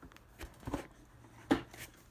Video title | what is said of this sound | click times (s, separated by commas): Ridgid 18v shop Vac | So it locks in place on top like that. | 1.5 s